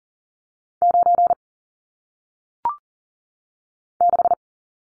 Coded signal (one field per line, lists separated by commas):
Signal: Morse code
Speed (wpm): 41 wpm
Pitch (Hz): 700 Hz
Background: none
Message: 9 6